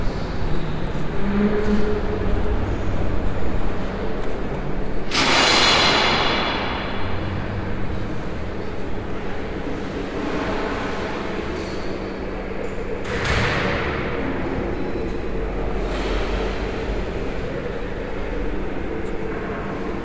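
A walk through spaces of Madrid's Reina Sofía Museum, filled with a dense, steady rumble and low murmur. Two bright hissing bursts cut through, one around five seconds and another near thirteen, with faint voices and low hums underneath.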